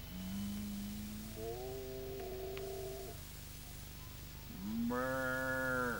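Cattle on pastures at midnight low in long, drawn-out moos. A deep, steady call climbs to a higher, strained pitch, then after a brief lull a louder moo swells upward and holds.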